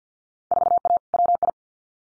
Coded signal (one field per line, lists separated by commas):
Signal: Morse code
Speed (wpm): 50 wpm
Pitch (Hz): 700 Hz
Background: none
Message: 4A WI